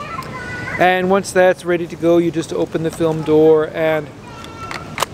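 Someone talks while a loaded 120 film insert is pushed through the open film door into the film back of a Mamiya 645 medium-format camera. A few soft ticks come near 4.7 and 4.8 seconds, then two sharp hits at 5.0 and 5.0 seconds as the insert locks in place.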